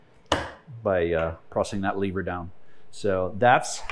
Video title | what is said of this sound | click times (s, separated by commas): Light up your CNC with LED lighting! | uh lock into place they lock into place | 0.3 s